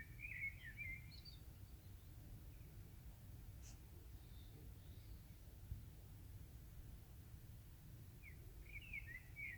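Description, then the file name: Bird giving short chirping calls, a brief burst at the start and another near the end, over a steady low rumble of background noise. "fugl"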